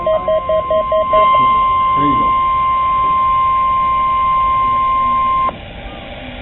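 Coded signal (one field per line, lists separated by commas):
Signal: Emergency Alert System (SAME) tones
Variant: 1050 Hz attention tone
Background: speech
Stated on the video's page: Tornado drill alert received on a weather radio at school, sent as a drill rather than a tornado warning.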